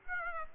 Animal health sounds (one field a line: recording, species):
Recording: mosquito wingbeat signal from an infrared sensor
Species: Aedes aegypti